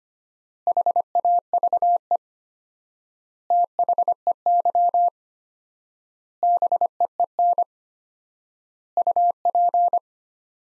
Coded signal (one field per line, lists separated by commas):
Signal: Morse code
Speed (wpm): 25 wpm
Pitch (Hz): 700 Hz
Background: none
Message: HAVE THEY BEEN UP